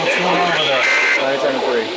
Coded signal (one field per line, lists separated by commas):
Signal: Emergency Alert System (SAME) tones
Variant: end-of-message bursts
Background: speech